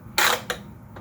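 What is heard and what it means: An AirGuard LT plastic aerosol-capture attachment is slid with two hands onto the intake tube of an IQAir dental series air purifier. A loud, broad sliding scrape at 0.2 s is followed by a sharp click at 0.5 s and a faint tick near 1.0 s. The attachment clicks and seats onto the tube.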